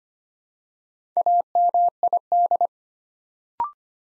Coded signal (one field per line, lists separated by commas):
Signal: Morse code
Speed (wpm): 25 wpm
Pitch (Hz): 700 Hz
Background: none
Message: AMID